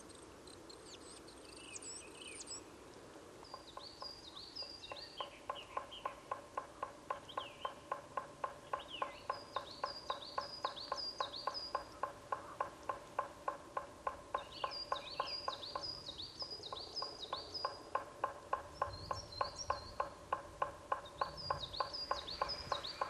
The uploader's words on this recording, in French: Forêt de Val Drôme - Parabole Wildtronic - mkh8020 - mixpre 3. Le Pic noir (Dryocopus martius).